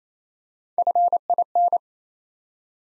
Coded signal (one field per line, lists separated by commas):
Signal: Morse code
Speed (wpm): 28 wpm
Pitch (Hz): 700 Hz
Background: none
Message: FIN